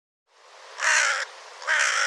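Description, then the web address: Bird: two rasping, drawn-out caws, the second following shortly after the first, against faint hiss. "cianscape birddata Deverinetal 2025 Bird Co Co Co Co"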